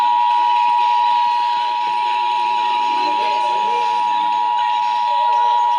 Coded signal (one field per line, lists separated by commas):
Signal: Emergency Alert System (SAME) tones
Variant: 853 and 960 Hz attention tone